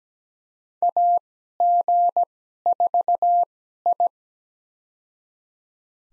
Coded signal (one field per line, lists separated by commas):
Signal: Morse code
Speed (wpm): 17 wpm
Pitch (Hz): 700 Hz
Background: none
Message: AG4I